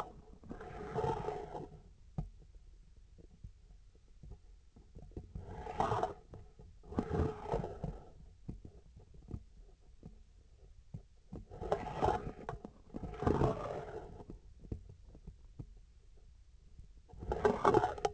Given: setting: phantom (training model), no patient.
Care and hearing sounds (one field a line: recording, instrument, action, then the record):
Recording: laparoscopic instrument, vibration sensor on the handle end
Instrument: scissors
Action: approaching and retracting movements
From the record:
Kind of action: spatial motion